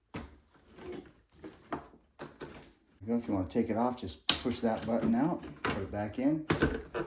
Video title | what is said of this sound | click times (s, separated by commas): Shark Navigator Vacuum LIft Away Unboxing and Review | It just clicks right in here. | 1.7 s